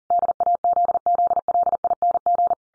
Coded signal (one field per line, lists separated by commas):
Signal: Morse code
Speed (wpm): 40 wpm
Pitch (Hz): 700 Hz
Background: none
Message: DAZZLING